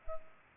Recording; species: mosquito wingbeat signal from an infrared sensor; Culex pipiens